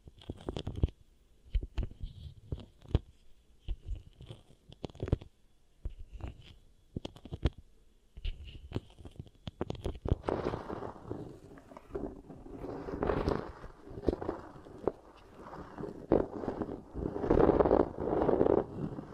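Beeswax is pressed and squished in rapid, irregular crackling bursts, sparse at first, then denser and louder after ten seconds, over a faint tone.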